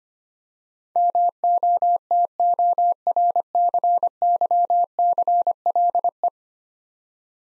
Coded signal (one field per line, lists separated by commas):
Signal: Morse code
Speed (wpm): 25 wpm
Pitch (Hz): 700 Hz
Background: none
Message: MOTORCYCLE